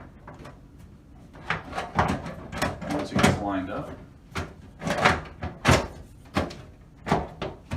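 Someone talks while the plastic cover of an Airocide HD 25000 purifier is lined up over the unit base after a lamp change, so it can be pressed down until all four corners click into their latches. Short plastic knocks and handling taps are heard. The cover has not seated or clicked in yet.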